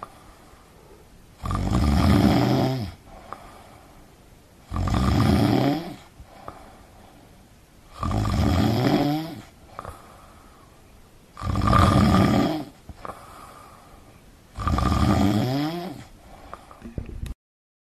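Five loud, low rumbling snores recur at a steady pace of about 19 per minute, each lasting over a second, with quiet breathing gaps between them. This is ordinary adult human snoring.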